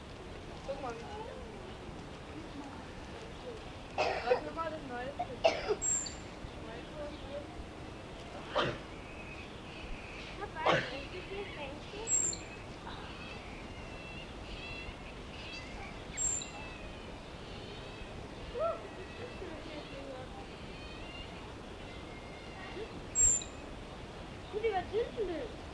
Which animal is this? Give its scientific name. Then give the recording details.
Spermophilus richardsonii. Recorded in captivity. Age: adult. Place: Tierpark Berlin, Berlin, DE. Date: 1965-08-01. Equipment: Uher 4000 Report-S, Transistorverstärker, Sennheiser MD 421. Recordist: Tembrock, Günter